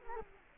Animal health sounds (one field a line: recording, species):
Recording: mosquito wingbeat signal from an infrared sensor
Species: Culex quinquefasciatus